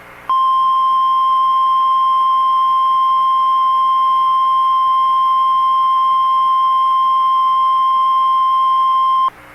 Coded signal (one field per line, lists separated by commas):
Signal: Emergency Alert System (SAME) tones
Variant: 1050 Hz attention tone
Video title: [EAS] FLASH FLOOD EMERGENCY for Memphis, TN! (April 5, 2025)